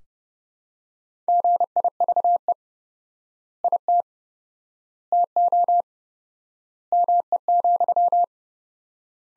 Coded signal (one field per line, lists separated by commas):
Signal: Morse code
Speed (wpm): 30 wpm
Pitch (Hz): 700 Hz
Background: none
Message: GIVE IT TO ME,